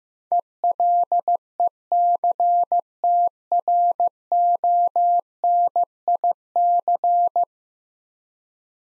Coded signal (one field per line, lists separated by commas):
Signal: Morse code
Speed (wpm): 15 wpm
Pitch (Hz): 700 Hz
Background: none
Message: ELECTRONIC